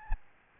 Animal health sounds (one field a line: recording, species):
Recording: mosquito wingbeat signal from an infrared sensor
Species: Aedes albopictus